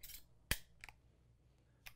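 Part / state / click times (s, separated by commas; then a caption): shotgun shell into shotgun magazine tube / seated / 0.5 s. A shotgun shell is guided nose-first past the shell ramp and pushed from the back into the metal magazine tube, clicking past the shell latch at 0.5 s as it seats. After a soft scrape at the start, the sharp click is followed by lighter ticks around 0.8–0.9 s and another small tick near 1.9 s. The gun is then fully loaded.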